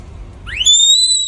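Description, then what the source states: Red panda cub giving one high whistle that sweeps upward, then holds a steady, pure, piercing tone. Newborn.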